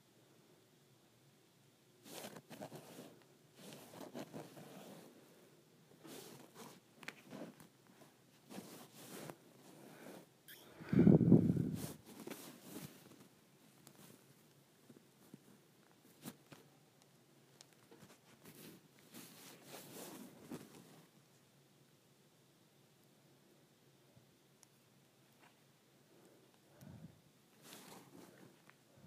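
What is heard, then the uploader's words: A cord scraped in short, rough strokes, bursts of grainy rasping that come in irregular clusters through the first twenty seconds. Around eleven seconds one stroke is much louder and heavier. After a quieter stretch, a faint low rub returns near the end. ASMR Scraping the Cord of my iPhone Charger.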